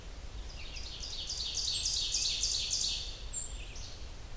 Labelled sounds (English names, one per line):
Ovenbird song